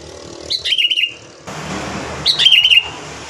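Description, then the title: Sooty-headed bulbul song, two quick bubbling phrases of chirpy notes that drop in pitch, repeated about two seconds apart, with a low background hum. "Kutilang"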